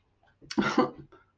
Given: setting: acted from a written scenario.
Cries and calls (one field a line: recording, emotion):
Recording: vocal sound without words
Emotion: disappointment